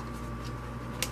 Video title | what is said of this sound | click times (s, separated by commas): DIY Paper Craft Caddy 2.0 Update! | there we go. It snapped that time. | 1.0 s